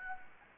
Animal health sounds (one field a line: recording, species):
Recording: mosquito wingbeat signal from an infrared sensor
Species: Anopheles gambiae